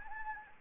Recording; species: mosquito wingbeat signal from an infrared sensor; Anopheles gambiae